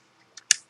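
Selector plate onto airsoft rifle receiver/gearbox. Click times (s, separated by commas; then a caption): 0.5 s. A selector plate is pressed into position on the gearbox of an Echo1 GAT airsoft rifle. A faint tick at 0.4 s is followed by a sharp, crisp click at 0.5 s with a short bright tail. The plate snaps in and locks in place, much like the selector on an actual firearm.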